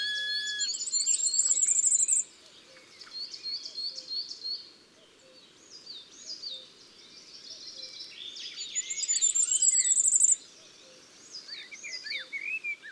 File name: Roitelet a triple bandeau Chants doiseaux des bois et des forets